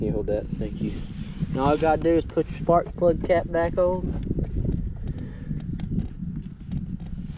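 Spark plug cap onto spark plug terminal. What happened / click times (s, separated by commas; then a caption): The cap is being positioned, not yet seated / none. Someone talks while a spark plug cap is brought back and lined up over the spark plug terminal, ready to be pushed on. After the talking, a few light contact taps are heard over a steady low background rumble. Nothing has clicked or seated yet.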